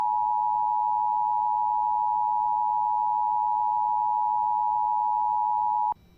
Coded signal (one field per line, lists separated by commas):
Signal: Emergency Alert System (SAME) tones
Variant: 853 and 960 Hz attention tone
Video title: Local Area Emergency on WJON-IP (EAS #1511)